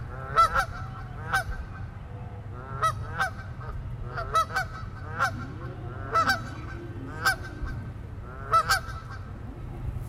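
Goose: geese honking, loud nasal honks given in quick pairs and short bursts roughly every second, over a steady low rumble.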